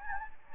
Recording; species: mosquito wingbeat signal from an infrared sensor; Anopheles gambiae